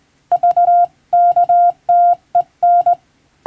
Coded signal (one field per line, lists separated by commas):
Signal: Morse code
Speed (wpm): 20 wpm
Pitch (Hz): 700 Hz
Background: none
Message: VKTEN